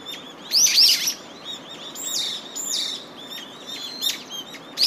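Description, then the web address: Brown-eared bulbul calls: shrill, squealing notes with slurred rises and falls, uttered in overlapping bursts over a low background hiss. "izumino saunndo hiyo"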